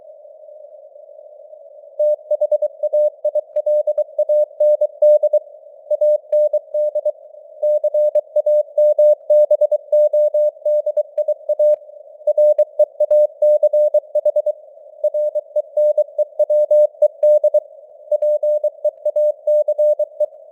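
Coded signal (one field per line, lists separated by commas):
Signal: Morse code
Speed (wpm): 23 wpm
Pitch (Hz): 600 Hz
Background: none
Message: THAILAND AND CAMBODIA REACH RENEWED PEACE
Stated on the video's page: Morse news headlines at 23 wpm with simulated radio noise and varying signal strength (QSB).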